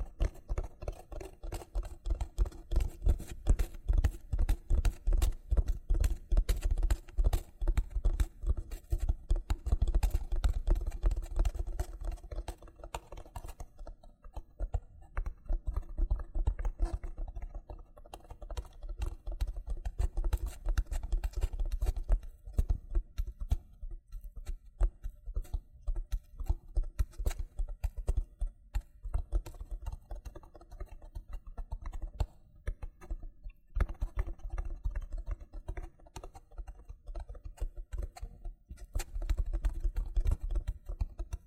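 Loofah being rubbed and peeled, a dense stream of quick crackling, popping ticks that runs the whole time with a heavy low rumble underneath. The activity swells and eases in waves, thinning out around 14 and 27 seconds before building again.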